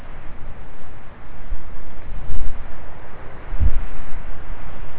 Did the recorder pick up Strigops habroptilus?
no